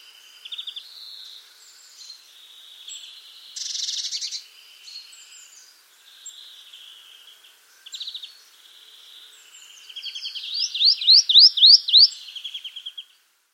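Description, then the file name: Marsh tit call, scattered thin high notes followed by a fast burst of sharp repeated downslurred chips near the end. "Poecile palustris"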